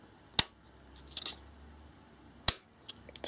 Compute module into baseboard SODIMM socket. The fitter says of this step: quite a snap. And then you push until it clicks.